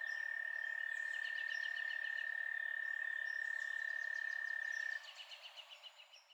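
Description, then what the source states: Frogs calling, a strong steady trill under rhythmic rapid chirps, the trill ending near the close while a pulsed series fades away. Frogs at night.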